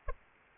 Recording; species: mosquito wingbeat signal from an infrared sensor; Aedes aegypti